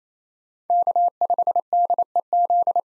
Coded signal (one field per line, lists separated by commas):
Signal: Morse code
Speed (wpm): 27 wpm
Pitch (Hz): 700 Hz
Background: none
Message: K5DEZ